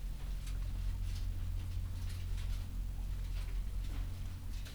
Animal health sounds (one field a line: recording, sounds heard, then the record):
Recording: poultry house recording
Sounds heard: sick chickens (respiratory disease)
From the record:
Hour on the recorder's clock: 10